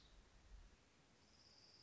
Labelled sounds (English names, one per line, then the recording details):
Orange-crowned Warbler
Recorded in Sonoma County, California